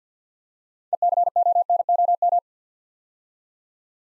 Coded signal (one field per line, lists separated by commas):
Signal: Morse code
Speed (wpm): 50 wpm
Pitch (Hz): 700 Hz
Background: none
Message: ECONOM